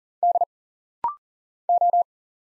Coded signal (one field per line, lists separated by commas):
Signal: Morse code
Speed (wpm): 40 wpm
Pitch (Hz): 700 Hz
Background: none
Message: D O